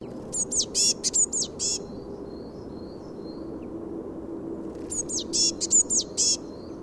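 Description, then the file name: Eurasian blue tit calling, a quick burst of high thin notes, repeated after a pause of about three seconds, over a low background rumble. "Cyanistes caeruleus"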